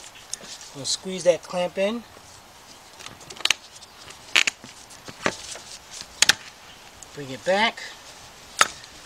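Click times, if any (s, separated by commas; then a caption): 8.6 s. A metal spring hose clamp on a coolant hose is squeezed with pliers and slid back along the hose while someone talks, with several sharp metallic ticks from the tool and clamp along the way. At 8.6 s the clamp's locking tab catches with a sharp click, and the clamp is locked open in place.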